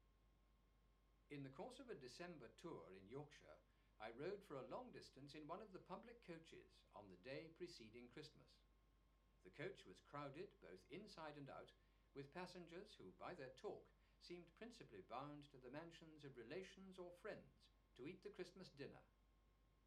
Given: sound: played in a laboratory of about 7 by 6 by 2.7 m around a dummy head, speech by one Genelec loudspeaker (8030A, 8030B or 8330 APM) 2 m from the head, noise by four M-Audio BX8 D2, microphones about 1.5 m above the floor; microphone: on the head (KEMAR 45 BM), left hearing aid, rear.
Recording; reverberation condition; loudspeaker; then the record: male speech in English; low; 90 degrees to the left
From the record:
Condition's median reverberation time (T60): about 310 ms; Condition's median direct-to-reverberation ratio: about 3.5 dB